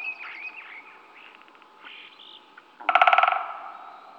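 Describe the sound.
Great spotted woodpecker drumming, one quick roll of knocks near the end, after assorted whistled and chattering notes from other birds.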